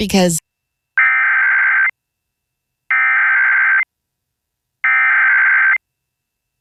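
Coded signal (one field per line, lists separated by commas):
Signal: Emergency Alert System (SAME) tones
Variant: header bursts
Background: speech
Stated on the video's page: Georgia child abduction emergency received on WAKL-FM, with corrected audio levels.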